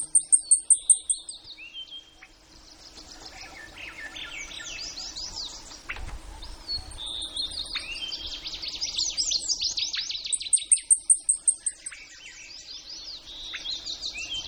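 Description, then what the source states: Blackpoll warbler song: short bursts of very high, sibilant repeated notes, heard three times through a dense chorus of other songbirds' trills and whistles. Recorded in Denali, Alaska, USA, on 19 May 2015 at 09:45 in the morning.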